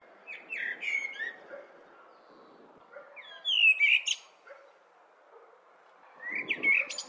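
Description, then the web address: Blackbird song in three short verses, rich fluty warbles with squeaky high trills tacked on, pausing a couple of seconds between phrases, light background noise. "blackbird singing"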